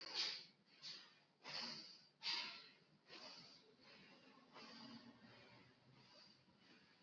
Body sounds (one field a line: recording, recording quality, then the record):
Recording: shallow breathing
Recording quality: moderate, slight background noise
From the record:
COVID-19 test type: RT-PCR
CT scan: not taken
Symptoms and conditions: diabetes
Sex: male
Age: 34 years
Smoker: no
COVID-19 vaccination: both doses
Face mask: worn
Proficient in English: yes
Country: India